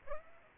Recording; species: mosquito wingbeat signal from an infrared sensor; Aedes aegypti